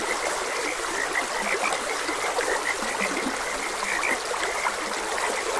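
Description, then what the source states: Frog croaks, low knocking notes and bright chirps scattered across a few seconds, set against trickling, rushing stream water. Frogs croaking beside a gentle stream.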